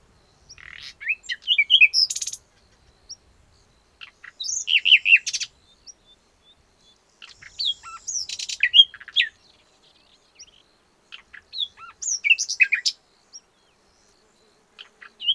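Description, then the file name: Common nightingale singing four separate phrases of quick chirps, clicks and twisting whistles, with silent gaps between. "Luscinia megarhynchos"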